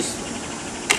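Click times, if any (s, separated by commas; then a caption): 0.9 s. Someone talks briefly as the retaining clip on a Black & Decker 60V battery-powered lawn mower is pulled to release the battery pack from its battery slot. A sharp click sounds at 0.9 s over a steady broadband hiss, and the pack is released.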